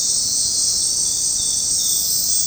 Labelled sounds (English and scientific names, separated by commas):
none